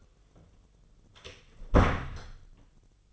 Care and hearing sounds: daily activity, microphone in the room; close door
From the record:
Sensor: 4

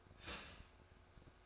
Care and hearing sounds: daily activity, microphone in the room; start toaster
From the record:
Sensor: 2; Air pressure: 1004.1 hPa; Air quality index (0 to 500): 193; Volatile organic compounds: 11 ppm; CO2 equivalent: 2315 ppm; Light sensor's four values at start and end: 4/10/4/4 and 4/10/4/4

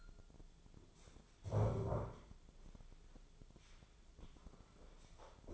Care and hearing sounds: daily activity, microphone in the room; stand up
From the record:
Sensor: 5

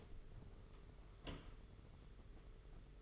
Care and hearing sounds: daily activity, microphone in the room; open door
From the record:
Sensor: 4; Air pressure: 992.4 hPa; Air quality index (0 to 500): 113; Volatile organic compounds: 21 ppm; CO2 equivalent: 2731 ppm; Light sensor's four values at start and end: 21/73/26/28 and 21/73/26/28

